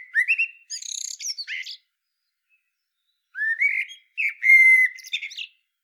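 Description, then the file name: Common blackbird song: two phrases, each a rich rising whistle followed by shrill twittering notes, separated by a silent gap of about one and a half seconds. "Turdus merula"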